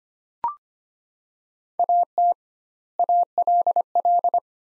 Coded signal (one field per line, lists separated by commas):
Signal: Morse code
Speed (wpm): 25 wpm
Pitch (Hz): 700 Hz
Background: none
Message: AT ALL